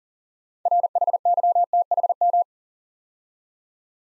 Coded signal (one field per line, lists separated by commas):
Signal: Morse code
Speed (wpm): 38 wpm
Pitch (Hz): 700 Hz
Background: none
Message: RHYTHM